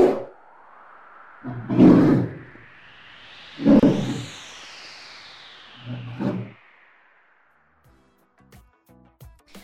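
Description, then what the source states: Polar bear roaring in several deep, rough bursts a couple of seconds apart, with a sweeping whoosh rising and falling behind them. Adult polar bear; its sound is described as quite creepy.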